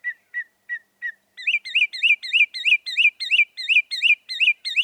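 Northern mockingbird song: four even notes, then a new looping chirp repeated rapidly many times in a steady series.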